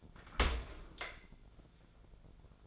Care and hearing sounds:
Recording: daily activity, microphone in the room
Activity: open dishwasher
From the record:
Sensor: 5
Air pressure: 1000.6 hPa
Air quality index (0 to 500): 160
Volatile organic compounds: 2 ppm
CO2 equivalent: 1225 ppm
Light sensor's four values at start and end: 46/105/45/49 and 47/106/45/49

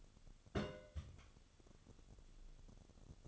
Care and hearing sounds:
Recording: daily activity, microphone in the room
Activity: place on stove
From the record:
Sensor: 4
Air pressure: 1008.9 hPa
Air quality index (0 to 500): 126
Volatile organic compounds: 1 ppm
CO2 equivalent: 923 ppm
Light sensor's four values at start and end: 11/24/9/9 and 11/25/10/9

